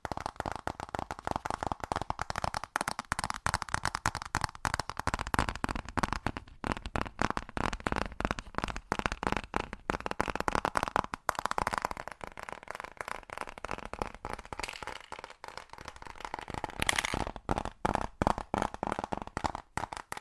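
Fast tapping runs nonstop for the whole twenty seconds, a dense stream of sharp clicks crowded so tightly they blur into a crackling patter. The taps stay mostly even in loudness, with a slightly brighter, harder stretch around seventeen seconds.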